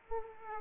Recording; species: mosquito wingbeat signal from an infrared sensor; Aedes aegypti